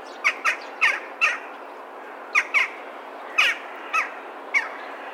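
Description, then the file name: Western jackdaw calls: short, sharp 'tchak' notes, singly and in pairs, nine in all at irregular intervals, over a faint steady background hiss. "Corvus monedula calls"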